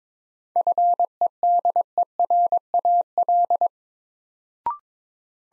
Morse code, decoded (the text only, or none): FEDERAL